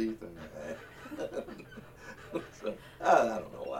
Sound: laughter